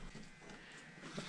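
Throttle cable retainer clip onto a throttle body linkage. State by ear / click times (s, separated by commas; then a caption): not seated / none. A plastic throttle cable retainer is handled over the throttle body linkage of a New Edge Mustang during a throttle body upgrade, with the cable end already slid into the linkage. Only faint, steady handling noise is heard, with a slightly louder moment near 1.2 seconds. Nothing has seated or clicked yet.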